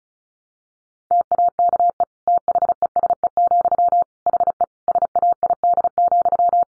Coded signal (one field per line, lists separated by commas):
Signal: Morse code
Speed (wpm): 34 wpm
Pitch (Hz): 700 Hz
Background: none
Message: TAKE THESE, HE SAID,